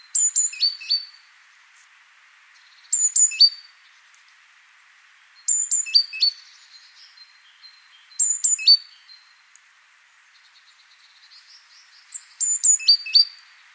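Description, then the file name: Great tit calls in short bursts of high, sharp notes, each burst a few quick chirps, repeated about every two and a half to four seconds, with faint softer notes between. "Parus major"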